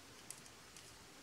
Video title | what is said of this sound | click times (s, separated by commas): Transformers Robots in Disguise Starscream en español | esto que va a ser los hombros hasta que encaje como se sentí un clic y | 0.3 s